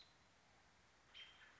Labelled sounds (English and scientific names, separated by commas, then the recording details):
American Robin (Turdus migratorius)
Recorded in Sonoma County, California